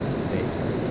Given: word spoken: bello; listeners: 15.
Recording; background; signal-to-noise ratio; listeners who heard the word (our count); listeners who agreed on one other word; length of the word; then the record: one Spanish word in noise, from a listening test; speech-shaped noise; -5.9 dB; 0 of 15; 7 of 15; 0.51 s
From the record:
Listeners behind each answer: 7, 2, 1, 1, 1, 1, 1, 1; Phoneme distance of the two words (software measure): 24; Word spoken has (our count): 2 syllables, 4 phonemes, stress on syllable 1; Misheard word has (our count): 1 syllable, 2 phonemes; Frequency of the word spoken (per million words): 19.54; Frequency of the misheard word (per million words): 786.92